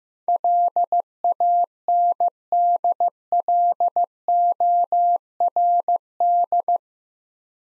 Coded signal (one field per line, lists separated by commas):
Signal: Morse code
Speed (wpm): 15 wpm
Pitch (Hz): 700 Hz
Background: none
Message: LANDLORD